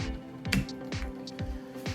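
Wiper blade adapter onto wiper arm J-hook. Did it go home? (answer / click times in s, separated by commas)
yes / 0.5 s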